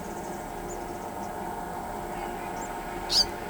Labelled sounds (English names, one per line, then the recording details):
Tropical Kingbird
Blue-gray Tanager
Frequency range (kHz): Tropical Kingbird 5.3-8.2 kHz
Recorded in pastures near Pivijay, Magdalena, Colombia, on 18 April 2023 at 11:30
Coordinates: 10.456, -74.369
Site P6-G026